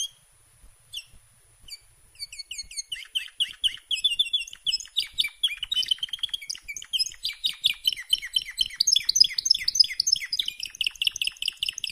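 Canary song starting with a few isolated chirps, then building into dense, rapid high trills and twittering that grow louder toward the end.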